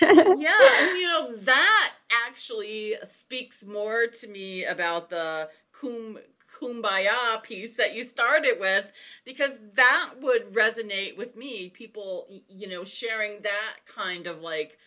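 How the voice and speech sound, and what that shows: An adult woman speaks conversationally at an easy pace, in clear, fluent, ordinary speech with natural pauses.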